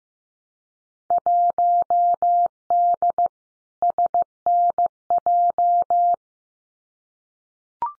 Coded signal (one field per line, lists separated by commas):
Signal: Morse code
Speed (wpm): 15 wpm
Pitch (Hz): 700 Hz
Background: none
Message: 1D SNJ